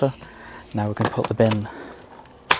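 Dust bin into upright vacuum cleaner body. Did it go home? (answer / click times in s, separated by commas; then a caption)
yes / 2.5 s. Someone talks as the clear plastic dust bin of a Dyson DC24 corded upright vacuum cleaner is pushed back onto the vacuum body. A sharp, loud click at 2.5 s shows the bin has seated back in place.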